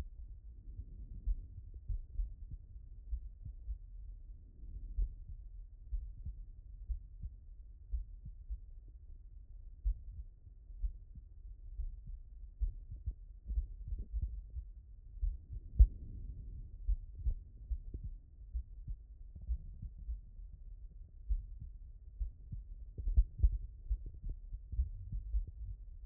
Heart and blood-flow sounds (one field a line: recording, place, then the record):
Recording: heart sounds by stethoscope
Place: aortic valve (AV)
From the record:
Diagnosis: non-HFrEF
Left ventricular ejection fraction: 63%